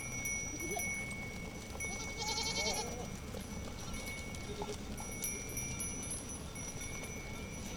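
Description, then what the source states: Goat giving one drawn-out, trembling bleat lasting nearly a second, amid a steady low rumble and faint sounds. Goats herded by a shepherd along the Douro River at a river beach in Pocinho, Portugal; part of a Douro River sound map.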